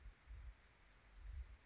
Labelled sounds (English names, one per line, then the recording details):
Bewick's Wren
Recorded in Sonoma County, California